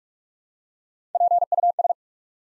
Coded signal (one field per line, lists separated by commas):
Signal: Morse code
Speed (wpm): 44 wpm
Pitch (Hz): 700 Hz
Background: none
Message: PUS